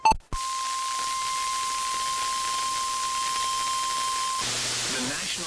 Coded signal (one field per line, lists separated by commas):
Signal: Emergency Alert System (SAME) tones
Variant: 1050 Hz attention tone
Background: speech